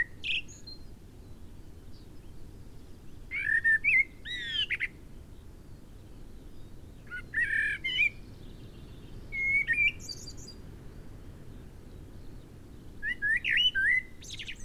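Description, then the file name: Common blackbird singing several short phrases spaced throughout, each a mellow whistle mixed with high, scratchy twittering, over a soft continuous hiss. "Turdus merula"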